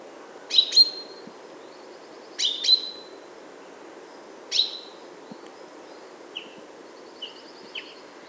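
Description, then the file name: Common chaffinch calls, short sharp high notes given singly or in quick pairs every couple of seconds, followed by softer thin chirps; steady low background hiss. "Fringilla coelebs"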